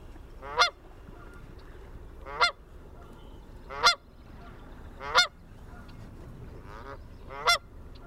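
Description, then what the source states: Canada goose calls: five loud, nasal honks spread unevenly over eight seconds over a low background rumble. A family of Canada geese, recorded 22 June 2001.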